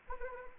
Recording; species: mosquito wingbeat signal from an infrared sensor; Anopheles arabiensis